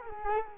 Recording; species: mosquito wingbeat signal from an infrared sensor; Culex quinquefasciatus